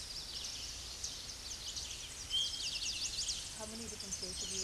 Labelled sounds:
Eastern Towhee (Pipilo erythrophthalmus) song
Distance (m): 30 m
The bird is about 10 m above the microphone
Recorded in a Pennsylvania forest on 16 May 2024 at 08:24
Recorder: AudioMoth, point MSD-2040
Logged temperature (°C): 15.3 °C
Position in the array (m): 70 m, 171 m

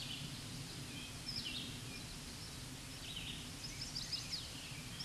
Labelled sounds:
Red-eyed Vireo (Vireo olivaceus) song
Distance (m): 40 m
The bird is about 5 m above the microphone
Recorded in a Pennsylvania forest on 16 May 2024 at 07:13
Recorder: AudioMoth, point MSD-2201
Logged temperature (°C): 15.5 °C
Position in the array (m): 128 m, 53 m

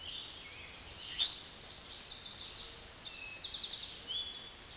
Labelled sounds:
Chestnut-sided Warbler (Setophaga pensylvanica) song
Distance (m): 40 m
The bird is about 10 m above the microphone
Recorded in a Pennsylvania forest on 16 May 2024 at 06:15
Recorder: AudioMoth, point MSD-0475
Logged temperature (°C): 12.3 °C
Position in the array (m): 107 m, 6 m

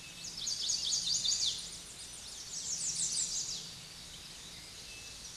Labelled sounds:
American Redstart (Setophaga ruticilla) song
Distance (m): 35 m
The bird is about 15 m above the microphone
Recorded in a Pennsylvania forest on 16 May 2024 at 06:09
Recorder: AudioMoth, point MSD-0019
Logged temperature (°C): 16.7 °C
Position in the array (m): 84 m, 222 m

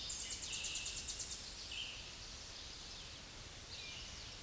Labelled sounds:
Tennessee Warbler (Leiothlypis peregrina) song
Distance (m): 20 m
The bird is about 10 m above the microphone
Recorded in a Pennsylvania forest on 16 May 2024 at 07:22
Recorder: AudioMoth, point MSD-0178
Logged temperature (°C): 15.3 °C
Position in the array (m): 81 m, 73 m

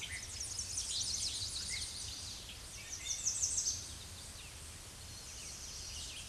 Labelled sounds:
American Redstart (Setophaga ruticilla) song
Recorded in a Pennsylvania forest on 16 May 2024 at 06:52
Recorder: AudioMoth, point MSD-2345
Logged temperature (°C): 15.5 °C
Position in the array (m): 125 m, 211 m

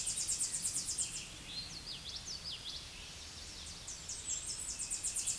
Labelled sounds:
Common Yellowthroat (Geothlypis trichas) song
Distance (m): 15 m
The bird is about level with the microphone
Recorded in a Pennsylvania forest on 16 May 2024 at 08:21
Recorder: AudioMoth, point MSD-2039
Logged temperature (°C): 15.0 °C
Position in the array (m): 78 m, 100 m

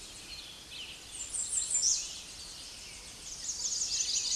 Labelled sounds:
American Redstart (Setophaga ruticilla) song
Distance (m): 15 m
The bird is about 15 m above the microphone
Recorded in a Pennsylvania forest on 16 May 2024 at 06:57
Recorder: AudioMoth, point MSD-2112
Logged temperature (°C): 16.3 °C
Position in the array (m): 49 m, 226 m

